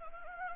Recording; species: mosquito wingbeat signal from an infrared sensor; Anopheles gambiae